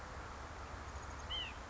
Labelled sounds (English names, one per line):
White-breasted Nuthatch